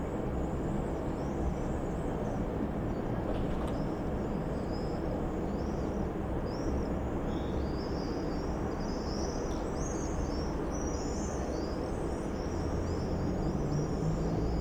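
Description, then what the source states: Common swifts screaming, many shrill high squeals overlapping and swelling into dense bursts in the second half, over a constant low traffic-like rumble. Summer evening in a backyard in Bytom, Poland; many swifts flying around; recorded with Zoom F4 and AT BP4025 microphone.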